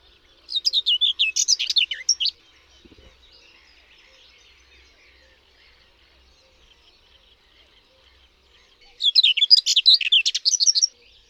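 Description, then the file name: Common whitethroat singing two brief scratchy, jumbled warbles, each about two seconds long, separated by several seconds of near quiet. "Cierniowka"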